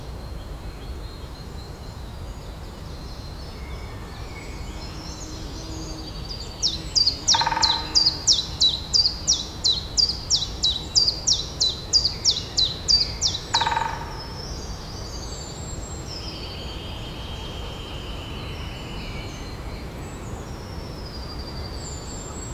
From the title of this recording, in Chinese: 丹麦丛林里的啄木鸟